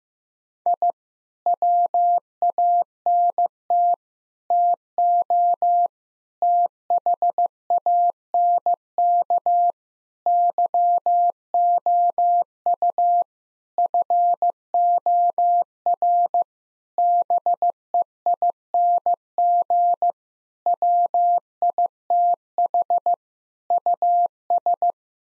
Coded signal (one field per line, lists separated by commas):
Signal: Morse code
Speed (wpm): 15 wpm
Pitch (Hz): 700 Hz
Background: none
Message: I WANT TO THANK YOU FOR BEING WITH US